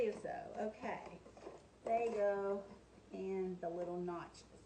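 Small plastic feet are handled toward the notches on the base of a Master System spiralizer while someone talks. Nothing has seated or clicked into the notches yet.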